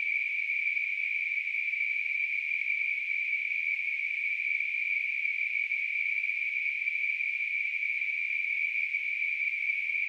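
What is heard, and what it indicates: A steady, high-pitched hiss, centred near 2.5 kHz, runs unchanged for ten seconds with no pulsing or breaks. It is a simulation of tinnitus, the constant hissing or ringing heard in the ear without any outside sound, as offered by the German Tinnitus League (GTL).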